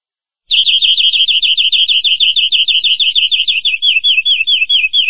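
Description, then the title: Domestic canary delivering a long, fast, high trill of steadily repeated notes for nearly five seconds, with faint low background noise. "Kenari"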